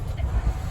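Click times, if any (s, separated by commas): none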